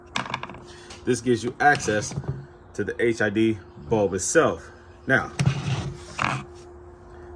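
A plastic rear dust cover on the headlight housing of a Mercedes SL R230 is squeezed at its clip and unclips with a sharp snap at 0.2 s, followed by a few smaller clicks, releasing it to give access to the HID bulb. Someone then talks.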